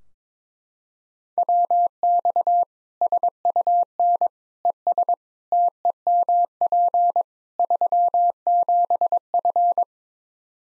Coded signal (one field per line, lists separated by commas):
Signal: Morse code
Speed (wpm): 22 wpm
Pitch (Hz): 700 Hz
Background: none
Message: WX SUN ES TEMP 37F